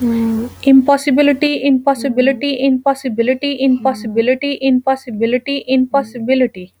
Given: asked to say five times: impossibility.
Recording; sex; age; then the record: repeated word; female; 20 to 29 years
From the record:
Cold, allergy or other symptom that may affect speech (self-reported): no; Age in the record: 27 years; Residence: North Carolina, United States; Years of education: 14